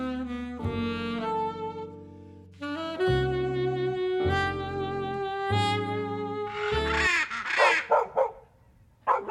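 A small dog gives a few long, drawn-out high cries with steady pitch, followed by a burst of rougher, choppier yelps near the end; no one speaks.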